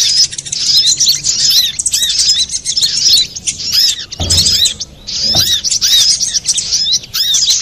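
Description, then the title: Little spiderhunter in continuous high-pitched twittering, quick sharp notes in uneven bursts, broken by two brief dull thumps. Masteran training recording for cage birds, labelled Labaik. "Sogok Ontong Labaik"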